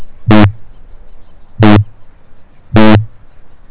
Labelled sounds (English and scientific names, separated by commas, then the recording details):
Kākāpō (Strigops habroptilus) boom
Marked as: faintness 1/5
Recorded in New Zealand
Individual Stumpy